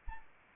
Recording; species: mosquito wingbeat signal from an infrared sensor; Anopheles arabiensis